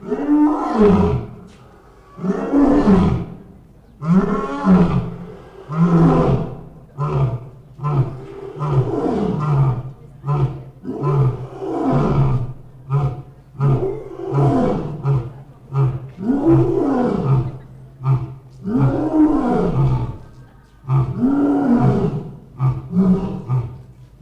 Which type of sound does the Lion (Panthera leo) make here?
call